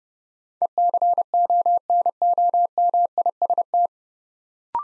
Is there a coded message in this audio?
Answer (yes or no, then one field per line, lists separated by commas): yes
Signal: Morse code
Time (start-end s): 0.6-3.9 s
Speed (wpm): 30 wpm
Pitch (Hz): 700 Hz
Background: none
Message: ECONOMIST